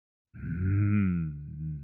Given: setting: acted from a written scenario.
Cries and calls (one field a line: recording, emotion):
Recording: vocal sound without words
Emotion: desire